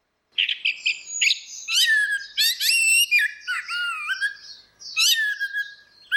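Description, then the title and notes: Orange-headed thrush in continuous song, loud rich whistles and downslurred notes run together with harsher twittering, hardly pausing. Continuous singing (ngeplong); a masteran recording used to train Chestnut-capped Thrushes (anis kembang) to learn the song. "Anis Kembang 5. Suara Burung Anis Merah Ngeplong - Versi 6. Masteran Anis Kembang"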